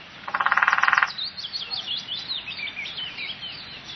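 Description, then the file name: Woodpecker drumming: one rapid, even roll of over a dozen hard pulses lasting under a second, followed by high, thin twittering of small birds. "spechtgb"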